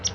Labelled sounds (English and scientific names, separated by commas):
Palm Warbler (Setophaga palmarum) flight call